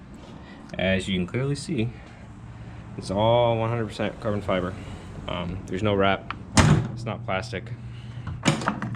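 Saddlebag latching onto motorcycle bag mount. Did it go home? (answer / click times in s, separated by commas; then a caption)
yes / 8.5 s, 8.7 s. Someone talks as a saddlebag is fitted onto its 100% carbon fiber bag support mount (no wrap, not plastic) on an Indian Challenger motorcycle, the mount's 13 mm bolt already tightened. Near the end, sharp sounds come as the latches snap shut, with two clicks at 8.5 s and 8.7 s. The saddlebag is seated and latched home.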